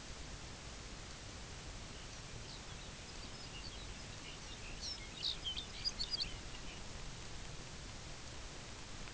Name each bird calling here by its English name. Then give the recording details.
Lapland Longspur. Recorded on Arctic tundra, site UTQI-0, on 22 June 2018. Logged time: 12:00